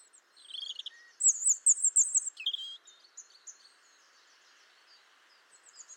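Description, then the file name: European robin song with high, sweet, rapidly trilled phrases and a liquid downward slur, followed by quieter scattered high notes. "Erithacus rubecula"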